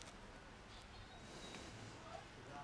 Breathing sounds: one breath in and out by a microphone near the nose and mouth; deep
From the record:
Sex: male

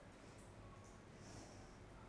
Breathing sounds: one breath in and out by a microphone near the nose and mouth; normal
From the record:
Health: marked as sick, illness not named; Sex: female

